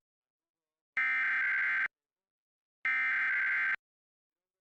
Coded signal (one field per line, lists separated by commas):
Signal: Emergency Alert System (SAME) tones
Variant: header bursts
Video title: Los Angeles Required Monthly Test (EAS #633-678) 7/25/23